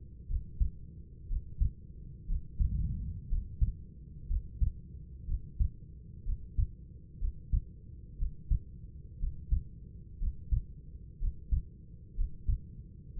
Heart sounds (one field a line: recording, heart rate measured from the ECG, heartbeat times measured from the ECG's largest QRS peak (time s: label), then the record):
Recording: heart sounds by stethoscope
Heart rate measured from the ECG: 61 bpm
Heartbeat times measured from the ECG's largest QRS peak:
0.28 s: heartbeat
1.28 s: heartbeat
2.27 s: heartbeat
3.29 s: heartbeat
4.28 s: heartbeat
5.27 s: heartbeat
6.25 s: heartbeat
7.20 s: heartbeat
8.18 s: heartbeat
9.19 s: heartbeat
10.19 s: heartbeat
11.19 s: heartbeat
12.16 s: heartbeat
13.15 s: heartbeat
From the record:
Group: healthy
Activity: breath hold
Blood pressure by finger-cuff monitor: 124/69 mmHg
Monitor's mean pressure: 85 mmHg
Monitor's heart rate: 60 bpm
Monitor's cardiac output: 6.7 L/min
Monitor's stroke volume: 109 mL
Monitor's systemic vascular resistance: 930 dyn s/cm5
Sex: male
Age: 24 years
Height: 184 cm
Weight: 89 kg